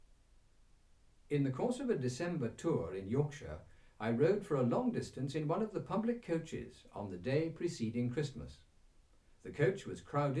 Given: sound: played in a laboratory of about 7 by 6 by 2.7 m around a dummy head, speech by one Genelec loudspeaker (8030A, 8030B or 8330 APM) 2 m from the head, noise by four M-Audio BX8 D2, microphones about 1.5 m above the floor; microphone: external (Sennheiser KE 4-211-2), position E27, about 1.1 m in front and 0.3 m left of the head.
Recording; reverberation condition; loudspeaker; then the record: male speech in English; low; 120 degrees to the left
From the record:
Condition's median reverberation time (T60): about 310 ms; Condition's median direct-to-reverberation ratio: about 3.5 dB